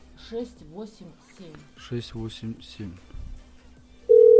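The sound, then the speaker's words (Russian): A man speaks for a few seconds, then a loud, steady mid-pitched telephone ringing tone cuts in at the very end as an outgoing call to the lender SMS Finance connects. “Так, давайте наберем очень наглому гребню.”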